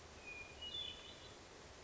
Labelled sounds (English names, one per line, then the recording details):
Hermit Thrush
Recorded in Sonoma County, California